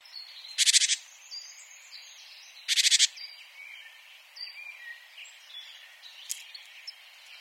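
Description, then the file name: Great tit harsh churring call, two loud buzzy rattling bursts, with faint chirps around. "Parus major"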